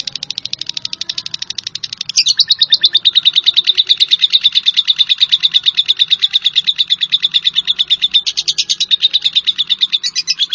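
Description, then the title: Java sparrow song: rapid high pulsed notes that grow louder after two seconds and run on as a steady buzzy trill to the end. "kicau gelatik"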